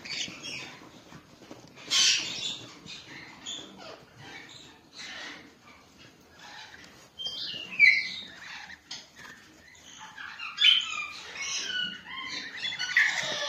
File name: sound green check parrot